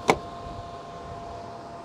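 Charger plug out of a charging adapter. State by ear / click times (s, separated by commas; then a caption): released / 0.1 s. A Tesla Supercharger plug is pulled out of a Lectron Vortex Plug charging adapter on a Rivian after the latch has been released. A single sharp click marks the separation at 0.1 s, followed by a steady low background hum with faint constant tones. The plug comes free of the adapter.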